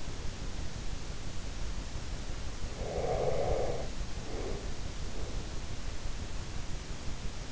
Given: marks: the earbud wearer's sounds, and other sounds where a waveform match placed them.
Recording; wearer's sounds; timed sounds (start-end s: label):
sounds in sleep by an in-ear microphone; breath
2.84-4.81 s: breath